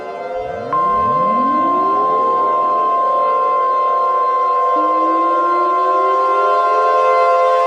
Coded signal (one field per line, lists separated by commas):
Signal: Emergency Alert System (SAME) tones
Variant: 1050 Hz attention tone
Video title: EAS Scenario - Planet Killer